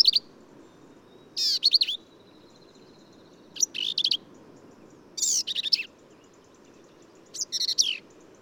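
Black-capped vireo: varied high phrases mixing squeaky slurred notes and harsh chatters, given roughly every two seconds, with a thin faint whistle in between.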